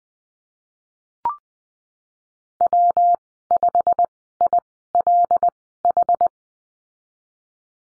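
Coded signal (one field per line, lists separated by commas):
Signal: Morse code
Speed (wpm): 20 wpm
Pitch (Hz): 700 Hz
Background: none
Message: W5ILH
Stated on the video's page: Morse course lesson on letter W and call signs, Farnsworth speed 20/10 wpm.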